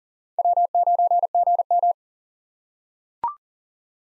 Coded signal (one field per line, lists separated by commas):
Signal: Morse code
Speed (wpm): 40 wpm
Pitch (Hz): 700 Hz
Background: none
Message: W9GM